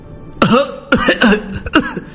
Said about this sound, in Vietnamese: Tiếng ho khan chuyển đến, Lâm Phàm thu tay. Người sống rồi không sao.